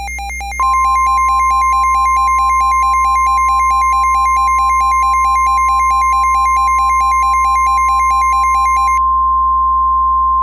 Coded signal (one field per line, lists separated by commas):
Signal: Emergency Alert System (SAME) tones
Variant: 1050 Hz attention tone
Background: music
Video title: EAS Mock: Deadly Waterspout